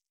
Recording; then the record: hydrophone in a shrimp aquaculture tank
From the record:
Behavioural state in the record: stressed